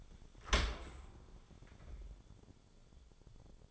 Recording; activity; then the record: daily activity, microphone in the room; open dishwasher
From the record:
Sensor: 5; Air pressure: 1015.0 hPa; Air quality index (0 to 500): 147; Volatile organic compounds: 4 ppm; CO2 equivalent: 1584 ppm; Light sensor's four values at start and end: 37/87/35/37 and 38/90/37/39